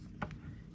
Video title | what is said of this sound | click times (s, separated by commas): Fixing Limp Mode on 2005 Mercedes C230 Transmission (easy Fix) | right there, and then pop it in and snap | 0.2 s